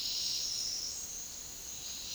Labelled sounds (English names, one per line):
none